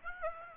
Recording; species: mosquito wingbeat signal from an infrared sensor; Aedes aegypti